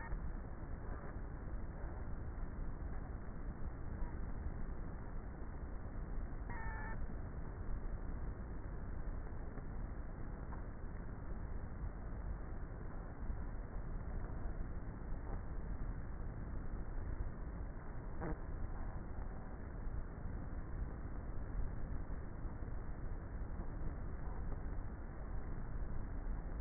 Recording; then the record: honeybee colony, microphone inside the hive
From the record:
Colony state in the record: queenless with a low population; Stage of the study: before two queens were removed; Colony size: about 30,000 bees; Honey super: no